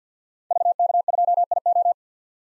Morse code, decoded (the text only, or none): VK2IO